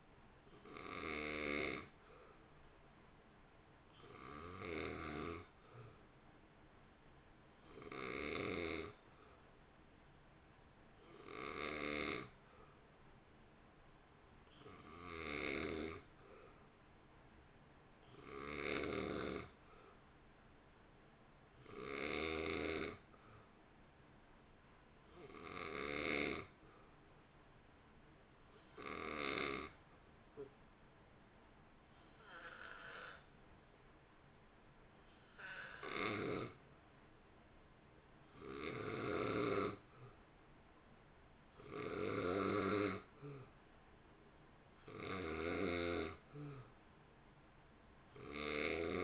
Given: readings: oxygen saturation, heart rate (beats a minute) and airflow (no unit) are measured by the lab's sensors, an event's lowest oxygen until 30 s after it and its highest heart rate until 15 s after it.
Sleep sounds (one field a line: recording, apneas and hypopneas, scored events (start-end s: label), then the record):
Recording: breathing in sleep by a voice recorder at the bedside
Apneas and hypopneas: 1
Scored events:
9.00-33.20 s: hypopnea (N2, oxygen 91% highest, then 87% lowest, heart rate 55 at the start, 57 highest)
From the record:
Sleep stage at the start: N2 (light sleep)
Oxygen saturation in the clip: 90 to 91%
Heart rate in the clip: 54 to 57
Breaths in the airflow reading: 15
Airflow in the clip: -1.4 to 1.0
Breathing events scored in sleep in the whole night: 328 in 6.3 hours asleep